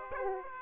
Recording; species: mosquito wingbeat signal from an infrared sensor; Aedes aegypti